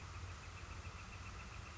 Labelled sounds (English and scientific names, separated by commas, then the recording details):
Northern Flicker (Colaptes auratus)
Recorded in Sonoma County, California